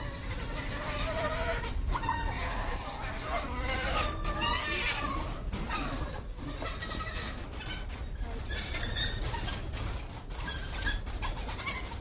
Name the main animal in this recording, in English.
African Wild Dog